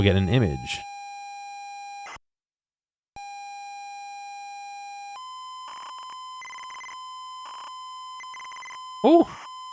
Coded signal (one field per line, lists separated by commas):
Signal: ZX Spectrum tape loading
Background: speech